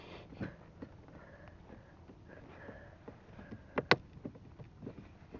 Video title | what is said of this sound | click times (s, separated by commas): 2013 volkswagen jetta mirror adjust knob Diy Replacement | You hear the click? | 3.8 s, 3.9 s